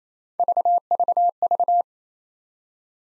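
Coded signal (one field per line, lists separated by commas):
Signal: none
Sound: three-tone separator beeps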